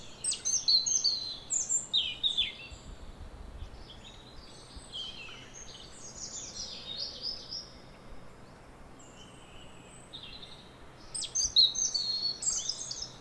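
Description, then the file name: European robin song, high, thin whistled and twittering notes in short phrases at the start and end, with quieter warbling between. "Erithacus rubecula"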